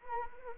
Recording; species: mosquito wingbeat signal from an infrared sensor; Anopheles arabiensis